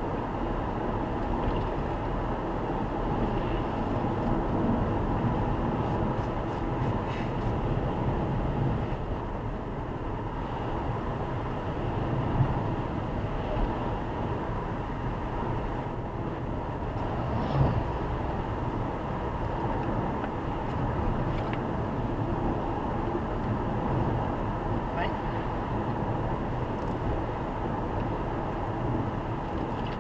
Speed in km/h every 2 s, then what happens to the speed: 95, 96, 96, 97, 98, 99, 98, 98, 99, 100, 99, 98, 98, 96, 93.
0-19 steady at about 98. 19-30 slows to 93.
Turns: none.